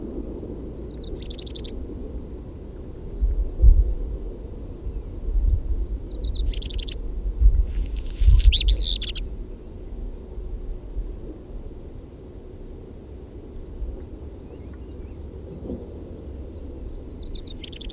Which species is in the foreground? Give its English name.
Black Redstart